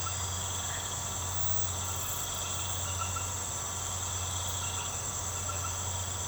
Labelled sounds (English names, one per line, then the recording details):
none
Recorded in secondary vegetation near Puerto Asís, Putumayo, Colombia, on 24 March 2025 at 22:30
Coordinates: 0.468, -76.324
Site G059